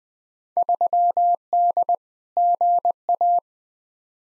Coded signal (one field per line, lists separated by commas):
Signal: Morse code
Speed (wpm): 20 wpm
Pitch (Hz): 700 Hz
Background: none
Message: 3D GA